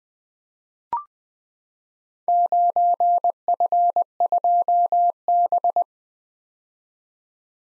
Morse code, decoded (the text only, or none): 9F2B